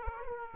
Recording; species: mosquito wingbeat signal from an infrared sensor; Aedes aegypti